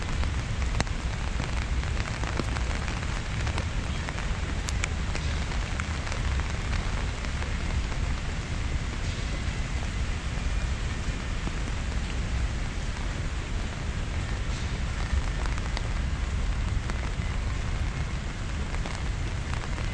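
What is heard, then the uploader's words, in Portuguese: Rain falls steadily in Central Park, a dense, even hiss that holds at the same level throughout. Scattered sharper drops tick through the wash, and a low rumble runs underneath the whole time. Caminhando na chuva no Central Park em Manhattan Nova York.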